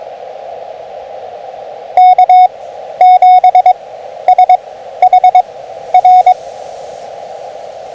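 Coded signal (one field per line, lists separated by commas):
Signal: Morse code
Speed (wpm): 22 wpm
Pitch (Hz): 730 Hz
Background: radio noise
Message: K7SHR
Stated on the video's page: CW Parks on the Air activation using an FT-817.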